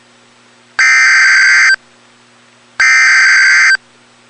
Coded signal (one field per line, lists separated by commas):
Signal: Emergency Alert System (SAME) tones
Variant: header bursts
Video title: EAS Alert #126